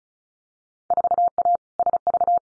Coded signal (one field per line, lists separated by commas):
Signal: Morse code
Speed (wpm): 36 wpm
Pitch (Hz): 700 Hz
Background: none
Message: 4A SV